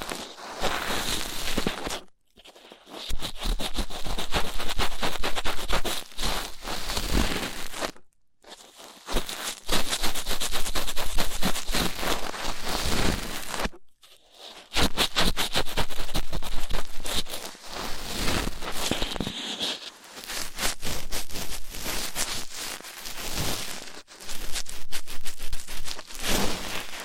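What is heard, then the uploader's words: Rough ear cleaning: dense, crackling scrapes and crunching rubs fill long bursts, with bright rustling textures throughout. The activity stops in short silent gaps near 2, 8 and 14 seconds, then resumes with uneven swells of scratchy friction and a faint low hum underneath. ASMR Rough Ear Cleaning (No Talking).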